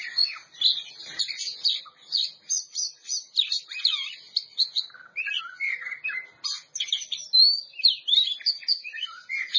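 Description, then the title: Oriental magpie-robin song of loud, clear whistles and rapid warbling phrases, some notes swooping downward, repeated in rhythmic bursts. Champion bird. "Kicau Burung Kacer Juara"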